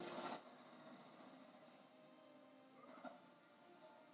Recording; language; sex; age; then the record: short text; Brazilian Portuguese; male; 70 to 79 years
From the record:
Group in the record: control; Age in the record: 77 years